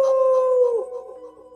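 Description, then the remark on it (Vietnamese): Four wolf-dogs howling fiercely in one long, steady mid-pitched wail with overlapping tones, sliding downward toward the end and fading out. No one speaks. “bốn con Địa Minh Lang Khuyển ngước mắt, ánh mắt hoảng sợ nhìn đại hán, tức khắc chuyển thành hung quang, dữ tợn gào thét, răng nanh chồng vắt.”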